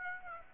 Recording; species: mosquito wingbeat signal from an infrared sensor; Aedes aegypti